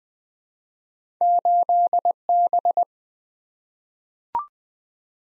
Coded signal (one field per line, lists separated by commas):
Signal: Morse code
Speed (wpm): 20 wpm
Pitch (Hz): 700 Hz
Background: none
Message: 8B